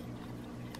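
A coin-cell battery is being fiddled with at a wristwatch's metal battery holder, over a steady low hum. A brief, faint tick sounds near the end at 0.8 s, but the battery has not yet snapped into the holder, and nothing has seated or clicked yet.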